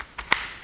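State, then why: Seated. The grip frame of a Tippmann A-5 / X-7 Cyclone paintball marker is refitted onto the receiver after a lightweight striker upgrade. A small tap at 0.0 s and another at 0.2 s lead to a loud, sharp click at 0.3 s as the frame seats into place, followed by a duller low thump at the end.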